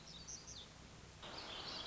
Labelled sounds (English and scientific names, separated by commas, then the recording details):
Black-throated Gray Warbler (Setophaga nigrescens)
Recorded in Sonoma County, California